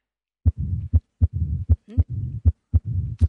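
Adult heart heard through a stethoscope: typical mitral stenosis, a narrowing of a heart valve.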